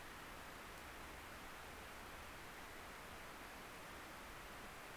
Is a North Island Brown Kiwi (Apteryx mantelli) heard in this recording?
no